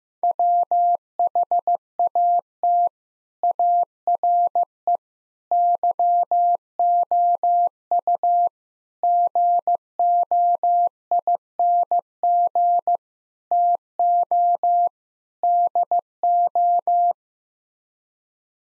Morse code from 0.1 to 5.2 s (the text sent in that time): WHAT ARE